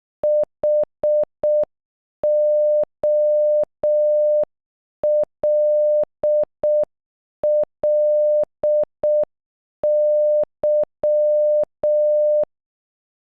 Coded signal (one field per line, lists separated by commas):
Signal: Morse code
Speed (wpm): 12 wpm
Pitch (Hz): 600 Hz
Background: none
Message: HOLLY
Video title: Holly in Morse code